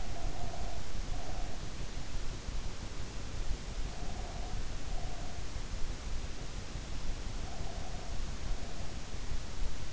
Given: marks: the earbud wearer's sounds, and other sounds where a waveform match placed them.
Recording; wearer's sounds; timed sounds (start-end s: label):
sounds in sleep by an in-ear microphone; breath
0.00-1.82 s: breath
3.88-5.53 s: breath